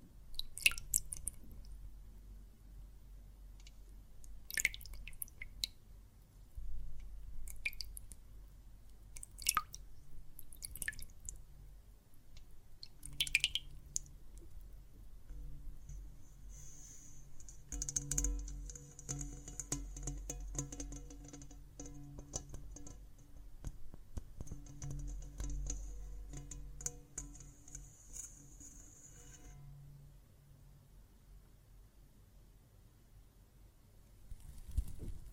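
Water and soap foam make scattered sharp drips and squishy pops through the first fifteen seconds over a low, steady rumble. From about seventeen to thirty seconds a bright, fizzing hiss takes over with a faint hum, then it fades back to occasional pops.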